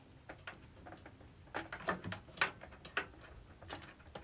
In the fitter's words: in until it clicks and there we go it's clicked into CPU power one